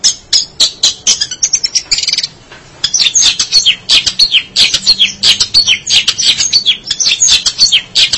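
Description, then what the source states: Long-tailed shrike delivering a loud jumble of scratchy, sweeping high notes and harsh chirps in a continuous varied stream with one short lull. Recorded in March 2017.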